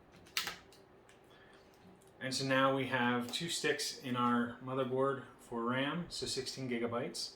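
A second DDR4 memory stick, an XPG 3200 MHz module, is pressed into its motherboard DIMM slot, and its lever snaps closed with a sharp click at 0.4 s. A few faint ticks follow, then someone talks about the two installed sticks totaling 16 gigabytes. The stick is seated.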